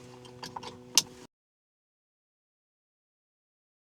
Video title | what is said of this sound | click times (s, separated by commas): 2013-2019 Ford PIU 9.26" ATO Dash Display Screen Kit Install Video | Nice solid click. | 1.0 s